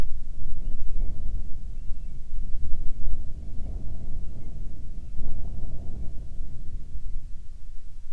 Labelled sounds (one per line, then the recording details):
bird
wind
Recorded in the Prudhoe Bay oil fields, Alaska, on 10 July 2019 at 14:47
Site 14